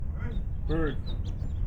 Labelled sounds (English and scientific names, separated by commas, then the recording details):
House Finch (Haemorhous mexicanus) song
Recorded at North Valley Stream on Long Island, New York, on 17 June 1975
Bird D